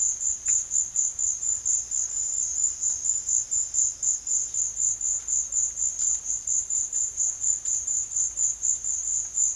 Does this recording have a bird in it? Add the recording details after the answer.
no. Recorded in secondary vegetation near Puerto Asís, Putumayo, Colombia, on 24 June 2025 at 15:00. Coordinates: 0.500, -76.326. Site GP08